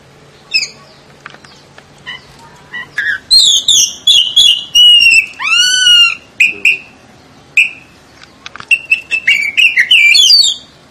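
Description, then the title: Oriental magpie-robin song, a long varied medley of whistles, buzzy notes and clear rising upswept calls, pausing and restarting several times. "Kacer"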